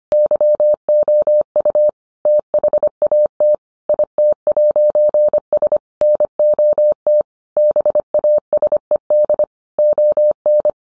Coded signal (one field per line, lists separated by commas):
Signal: Morse code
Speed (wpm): 25 wpm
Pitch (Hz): 600 Hz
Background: none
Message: YOU THAT IT'S NOT BASED ON